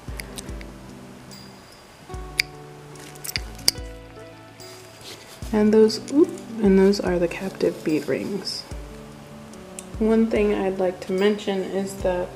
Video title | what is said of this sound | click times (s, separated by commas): Body Jewelry Guide | one is also called a snap feed because you can hear a pressure balls snap into place | 2.4 s, 3.7 s